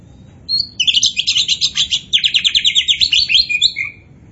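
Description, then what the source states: Oriental magpie-robin pouring out a rapid series of repeated bright notes in a three-second trill, opening with a clear whistle. Singing in full voice ('gacor'); Indonesian name kacer poci.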